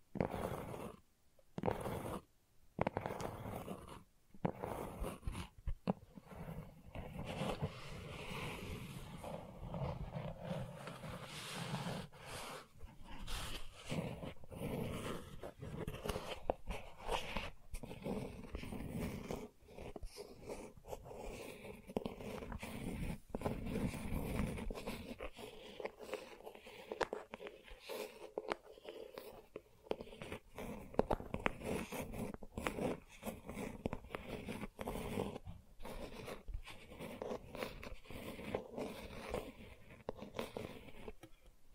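Gentle scratching goes on almost without pause, a dense run of soft rasping strokes. The first few seconds are broken by short silences, then the scratching settles into a busy, uneven texture that grows thinner and lighter in the low end after about twenty-five seconds.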